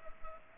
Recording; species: mosquito wingbeat signal from an infrared sensor; Culex pipiens